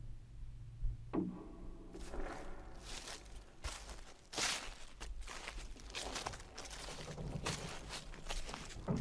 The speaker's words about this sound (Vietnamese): Tiếng bước chân rất chậm đã bắt đầu gần hơn, nghe rõ hơn.